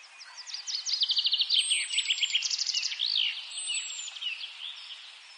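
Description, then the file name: Eurasian blackcap song, rapid repeated chattering notes building into a warbled run, with drawn-out high whistles heard twice. "Sylvia atricapilla"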